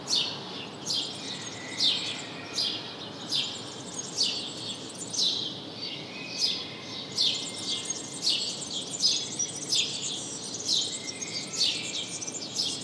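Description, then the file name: Busy house sparrow chirping, rapid bright notes tumbling one after another across the whole stretch, with a faint hiss underneath. "Passer domesticus"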